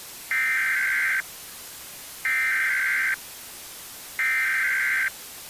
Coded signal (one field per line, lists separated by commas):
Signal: Emergency Alert System (SAME) tones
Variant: header bursts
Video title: EAS Scenario - Rainier